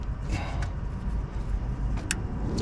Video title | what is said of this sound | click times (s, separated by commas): PORSCHE 997 CHECK ENGINE VISIT WORKSHOP | click did you hear the click | 2.1 s